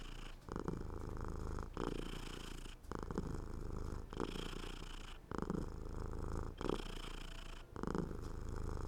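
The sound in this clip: Domestic cat purr, a continuous low vibrating rumble with short regular gaps.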